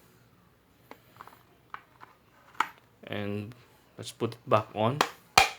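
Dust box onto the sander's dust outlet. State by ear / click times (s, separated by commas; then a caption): seated / 5.4 s. After its filter is cleaned, the plastic dust box of a Bosch random orbit sander is pushed back onto the sander's dust outlet, with light taps and handling noises along the way while someone talks. A sharp hard-plastic click at 5.4 s shows the box has seated.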